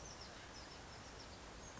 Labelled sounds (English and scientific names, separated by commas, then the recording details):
Oak Titmouse (Baeolophus inornatus)
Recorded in Sonoma County, California